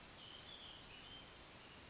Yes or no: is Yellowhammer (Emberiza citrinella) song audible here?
no